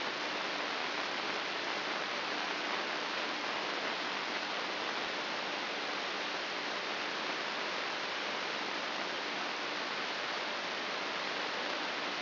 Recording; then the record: brain microelectrode recording played as sound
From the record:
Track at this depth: inside the subthalamic nucleus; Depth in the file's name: 6.416 mm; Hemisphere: left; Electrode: 2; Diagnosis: Parkinson's disease